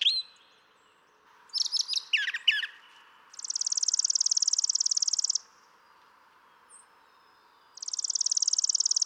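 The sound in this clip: Brown thrasher song phrases: a few quick slurred chips, then two long, even, high buzzy trills separated by a pause.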